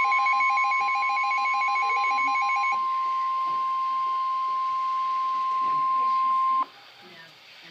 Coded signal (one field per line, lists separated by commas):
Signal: Emergency Alert System (SAME) tones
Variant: 1050 Hz attention tone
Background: speech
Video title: Flash Flood Warning (EAS#61)